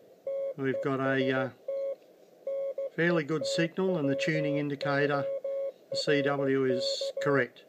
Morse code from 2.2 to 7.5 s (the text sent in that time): NETWORK